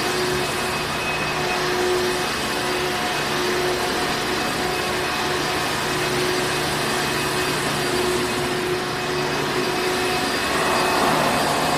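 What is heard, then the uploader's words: A vacuum runs steadily for the whole stretch, a dense, even roar with a thin whining tone riding on top that wavers slightly. The level barely changes, apart from a brief brightening in the hiss near the end. A Vacuum.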